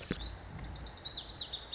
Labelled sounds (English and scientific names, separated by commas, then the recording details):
Lazuli Bunting (Passerina amoena)
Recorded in Sonoma County, California